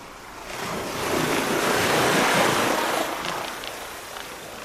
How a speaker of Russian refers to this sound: Увидел громадную волну, идущую с моря обратно к нам. Цунами, до самого неба. Помолился бы, если б умел, как следует, а сейчас получилось только орать, пока не нахлынуло и не снесло.